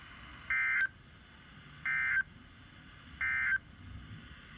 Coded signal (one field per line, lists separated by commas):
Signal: Emergency Alert System (SAME) tones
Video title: Double header SVRs EAS 126-127 7/17/20